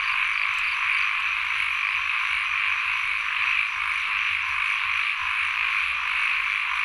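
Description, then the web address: Frog chorus of steady low pulsed croaking under a loud high insect drone throughout. Frogs recorded together with insects in Sen Monorom, Cambodia. "Les Cartes Postales Sonores NOISE ON EARTH Vol 1 CAMBODIA - Insects Frogs of Sen Monorom"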